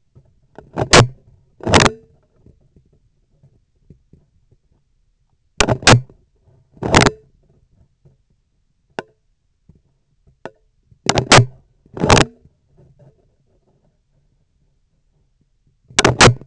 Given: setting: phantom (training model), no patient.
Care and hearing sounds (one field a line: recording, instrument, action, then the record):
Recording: laparoscopic instrument, vibration sensor on the handle end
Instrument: scissors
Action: opening and closing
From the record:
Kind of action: tool actuation without material contact